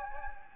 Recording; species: mosquito wingbeat signal from an infrared sensor; Anopheles gambiae